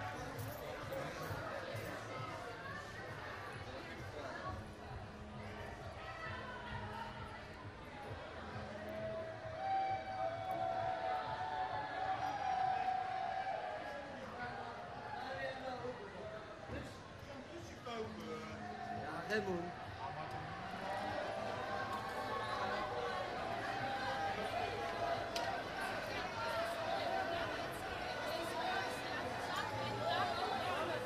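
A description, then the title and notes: A dense street crowd celebrates a football win, voices chattering and shouting constantly, with a sustained horn-like tone around ten and twenty seconds. Soccer party downtown The Hague. A small impression of people celebrating in downtown The Hague because the Dutch defeated the Brazilians (WC2010).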